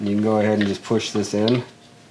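Someone talks while a new diesel oil filter cartridge, its O-ring already installed, is handled to be pushed into the plastic oil filter housing lid of a 2006 VW Jetta TDI. Nothing has seated or clicked yet; the clip ends before the filter snaps home.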